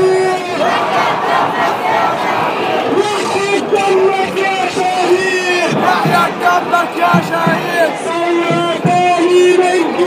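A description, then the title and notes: A huge crowd fills a public square, loud and unbroken for the whole stretch. Many voices shout and chant at once in a dense roar, with sustained cries rising above it and sharp whoops breaking through near the middle and end. The sounds of #Tahrir Square right now. Deafening. at Tahrir Square.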